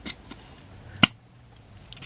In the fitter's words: So you hear that click, but then you can feel kind of a soft tab right there.